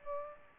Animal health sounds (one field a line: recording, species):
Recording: mosquito wingbeat signal from an infrared sensor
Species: Aedes aegypti